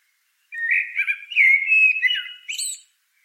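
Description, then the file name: Common blackbird giving a rich fluty warble that swells through the middle and ends in a brief high, squeaky twitter. "Turdus merula"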